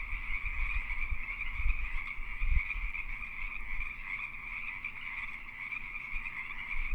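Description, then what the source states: Pacific treefrogs in a dense chorus, overlapping croaking calls blending into a steady two-toned hum, with low rumbling thumps underneath. Several Pacific treefrogs calling during the mating season.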